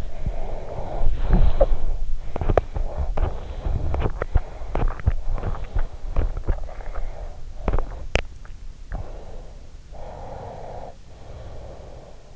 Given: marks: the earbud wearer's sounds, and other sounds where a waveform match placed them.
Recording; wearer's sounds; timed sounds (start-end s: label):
sounds in sleep by an in-ear microphone; snoring breath, body movement, teeth grinding, breath
0.00-2.05 s: snoring breath
0.96-2.20 s: body movement
2.33-8.44 s: teeth grinding
2.49-5.16 s: breath
5.33-7.54 s: breath
7.76-9.86 s: breath
9.99-12.36 s: breath